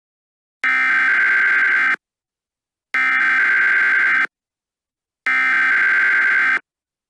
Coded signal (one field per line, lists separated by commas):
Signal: Emergency Alert System (SAME) tones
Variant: header bursts